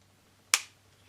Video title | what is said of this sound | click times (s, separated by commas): GotBot Counts Down: Top 10 Star Seekers | hear that snap it actually does lock in I wish the other two did | 0.5 s